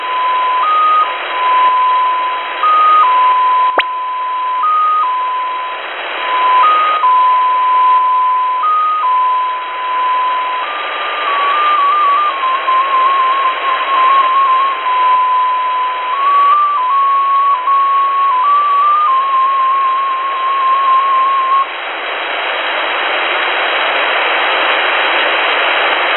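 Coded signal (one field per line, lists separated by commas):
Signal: numbers station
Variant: XPA2 polytone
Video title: Russian XPA2 polytone number station at 17462 kHz (short message(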